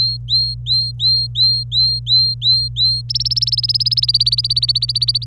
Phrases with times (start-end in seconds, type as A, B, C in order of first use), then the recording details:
0.00-3.02 A, 3.09-5.25 B. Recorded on 26 April 2018 at 10:21. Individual llb3